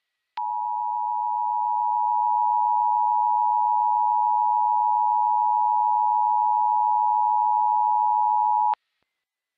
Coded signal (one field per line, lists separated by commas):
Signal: Emergency Alert System (SAME) tones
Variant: 853 and 960 Hz attention tone